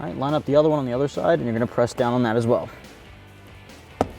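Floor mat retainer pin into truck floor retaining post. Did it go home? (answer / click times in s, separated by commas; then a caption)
yes / 4.0 s. The second retainer on a Rough Country heavy-duty black polyethylene driver-side floor mat in a 2015-2019 Ford F-150 SuperCrew is lined up with the factory retaining post and pressed down. Someone talks, and the voice gives way to quiet. A single sharp snap at 4.0 s marks the retainer seating into the factory post.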